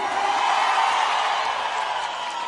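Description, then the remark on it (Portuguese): A large crowd roars and cheers in a steady, dense wash of shouting that holds at full strength for a couple of seconds, with no single voice standing out. “Quem gostou, dá um grito aí!”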